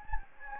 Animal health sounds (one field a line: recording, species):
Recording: mosquito wingbeat signal from an infrared sensor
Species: Anopheles gambiae